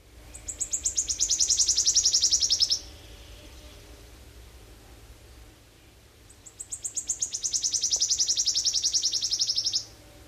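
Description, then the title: Wood Warbler song: two high, shivering trills. Each speeds up into a dry, ringing buzz lasting about two and a half to three and a half seconds, with a quiet pause between them. Song likened to a coin spinning upright on a table; hard to mistake for another species. "Viikon luontoääni: Sirittäjä"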